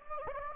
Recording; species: mosquito wingbeat signal from an infrared sensor; Anopheles gambiae